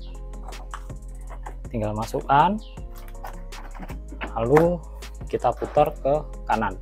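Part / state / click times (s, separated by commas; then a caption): hose fitting into vacuum cleaner front inlet / not seated / none. Someone talks over background music while the hose fitting of an RYU RVC15 small home vacuum cleaner is handled at the vacuum's front inlet hole, to be pushed in and turned to the right so it twist-locks. A few short, light tapping sounds come through between the words. Nothing has seated or clicked yet when the clip ends.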